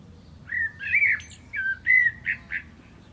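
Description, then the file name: Common blackbird singing a series of rich, warbled whistled notes in separate bursts, followed by two brief chuckling notes, over a quiet background. "Turdus merula"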